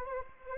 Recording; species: mosquito wingbeat signal from an infrared sensor; Anopheles arabiensis